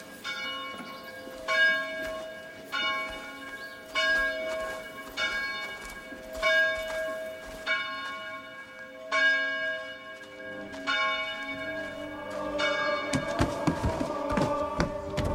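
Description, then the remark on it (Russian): Church bells toll in a steady rhythm, each resonant strike humming with bright, lingering overtones; near the end the peals grow denser and overlap into a clangorous jumble. “Подойдя к церкви, слышит колокольный звон.”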